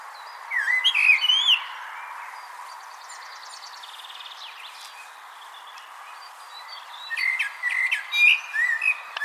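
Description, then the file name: Eurasian blackbird with a brief warbling phrase, a long quiet gap with faint twittering, then another fluted phrase with high squeaky notes. "Turdus merula"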